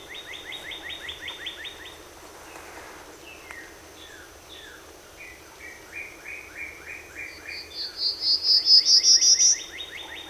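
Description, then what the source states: Prairie warbler: other birds give repeated slurred notes and trills before a prairie warbler's rising series of buzzy notes climbs steeply near the end. Recorded 14 April 2018.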